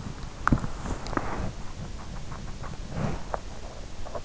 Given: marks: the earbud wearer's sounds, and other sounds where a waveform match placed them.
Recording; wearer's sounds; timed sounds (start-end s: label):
sounds in sleep by an in-ear microphone; body movement
0.00-3.77 s: body movement